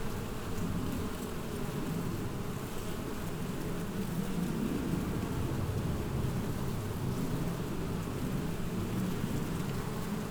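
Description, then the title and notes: Dense wasp buzzing, an even, unbroken low hum lasting the whole stretch. Wasps among the blossoms of the wild vine, Wörth am Rhein, Germany. "Haydnstraße 1, 76744 Wörth am Rhein, Deutschland - Wespen in den Weinranken. Wasps in the blossoms of the wild vine"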